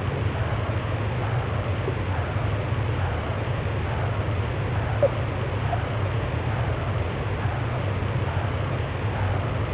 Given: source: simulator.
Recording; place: transcranial Doppler ultrasound of blood flow; posterior cerebral artery (PCA)